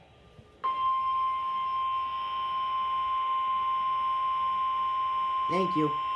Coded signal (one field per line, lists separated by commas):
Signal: Emergency Alert System (SAME) tones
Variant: 1050 Hz attention tone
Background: speech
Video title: Required Weekly Test On WXL40 9/15/21 (EAS #903)